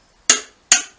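A click-type torque wrench is pulled with a gentle, steady motion to tighten a docking kit bolt on a motorcycle frame. Two sharp, loud clicks ring out at 0.3 s and 0.7 s, each decaying quickly into silence. The wrench clicks at its setting, confirming the bolt is torqued.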